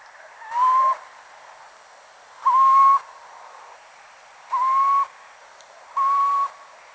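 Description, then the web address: Little owl calls: four clear whistled notes, each slightly rising then level, about half a second long and spaced roughly two seconds apart, over a faint steady hiss. "athene noctua call"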